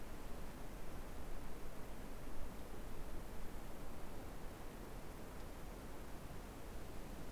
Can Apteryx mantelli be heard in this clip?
no